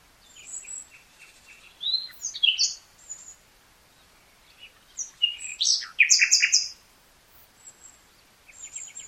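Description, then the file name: Common nightingale song: varied whistled notes and phrases, with a loud rapid trill. "Luscinia megarhynchos"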